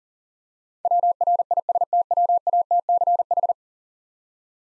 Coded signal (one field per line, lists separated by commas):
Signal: Morse code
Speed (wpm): 40 wpm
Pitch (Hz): 700 Hz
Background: none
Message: WRISTWATCH